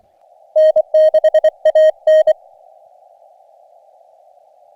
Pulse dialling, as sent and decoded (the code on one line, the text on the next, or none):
none